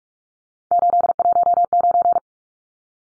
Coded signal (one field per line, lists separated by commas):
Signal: Morse code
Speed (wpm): 44 wpm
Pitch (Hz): 700 Hz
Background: none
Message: 819